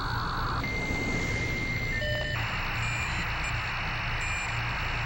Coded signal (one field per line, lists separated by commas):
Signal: dial-up modem handshake